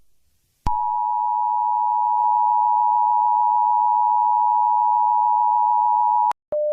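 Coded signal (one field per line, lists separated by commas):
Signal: Emergency Alert System (SAME) tones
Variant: 853 and 960 Hz attention tone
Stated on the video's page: Mock EAS alert for a Dam Watch, a code never used; simulated, not real.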